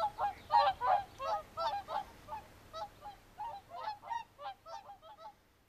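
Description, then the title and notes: Whooper Swans giving bugling honks, loud at first, then a run of softer calls that fade away by the end. "Laulujoutsen. Juha Laaksonen. Yle"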